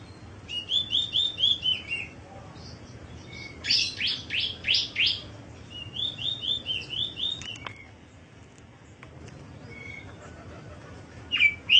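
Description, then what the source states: Bird song: quick runs of high chirped notes, a burst of loud buzzy strokes near four seconds, then more chirp runs over a faint low hum. Labelled masteran.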